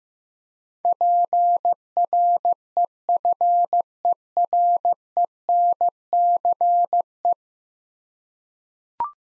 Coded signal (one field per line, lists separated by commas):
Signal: Morse code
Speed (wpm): 15 wpm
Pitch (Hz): 700 Hz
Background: none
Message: PREFERENCE